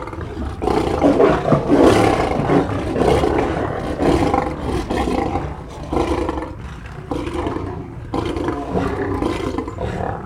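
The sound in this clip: Lion roaring in a long, rough, rumbling series of grunting bursts with short pauses, the sound rising and falling over ten seconds.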